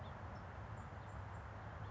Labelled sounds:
House Finch (Haemorhous mexicanus)
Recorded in Sonoma County, California

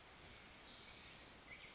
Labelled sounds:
California Towhee (Melozone crissalis)
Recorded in Sonoma County, California

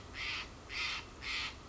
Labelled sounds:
Steller's Jay (Cyanocitta stelleri)
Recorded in Sonoma County, California

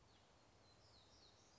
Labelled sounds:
Black-throated Gray Warbler (Setophaga nigrescens)
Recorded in Sonoma County, California

